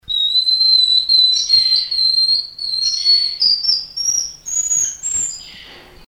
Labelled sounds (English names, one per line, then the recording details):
Golden Lion Tamarin
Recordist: Tembrock, Günter
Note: Lautfolge eines Männchens